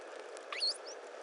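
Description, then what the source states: Pilot whale call: a short rising sweep leads into a bright, high, nearly flat squeal lasting about a tenth of a second, then a faint brief chirp, over steady underwater hiss. Catalogued call type 60.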